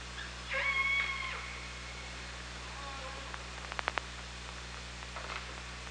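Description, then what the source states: Killer whale call, one long harmonic call near the start, then a quick burst of several sharp clicks, with low constant hum beneath. Recorded by OrcaLab hydrophone on 24 August 2017, 18:38.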